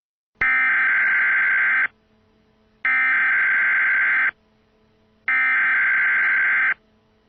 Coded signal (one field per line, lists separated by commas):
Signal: Emergency Alert System (SAME) tones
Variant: header bursts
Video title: Tornado Outbreak EAS Scenario: US East Coast